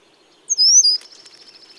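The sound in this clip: Brown-headed cowbird giving a single thin, very high whistle lasting about half a second, followed by faint background twittering.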